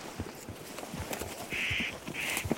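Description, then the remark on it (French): A spotted nutcracker gives two harsh, rasping calls in quick succession in a nature reserve in the Alps, each drawn out for about a third of a second, over a faint crackle of low clicks and rustling. “Ça, c'est le casse-noix. C'est le casse-noix moucheté.”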